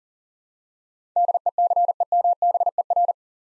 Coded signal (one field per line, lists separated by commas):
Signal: Morse code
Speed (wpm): 40 wpm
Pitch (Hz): 700 Hz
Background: none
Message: DECEMBER